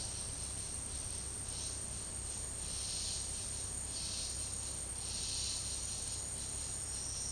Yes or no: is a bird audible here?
no